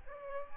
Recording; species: mosquito wingbeat signal from an infrared sensor; Aedes albopictus